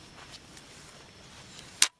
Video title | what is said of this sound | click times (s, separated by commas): Akms folding stock detail of shooting Ak 47 | locks in place | 1.8 s